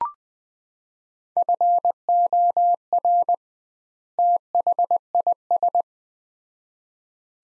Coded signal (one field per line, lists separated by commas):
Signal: Morse code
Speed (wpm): 20 wpm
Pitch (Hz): 700 Hz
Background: none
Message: FOR THIS